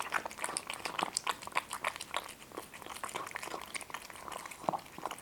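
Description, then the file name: Cat crunching food, quick crackling bites about three per second, crisp and dry. Two cats, named Boris and Ivo, eating. "Boris and Ivo two Cats are eating"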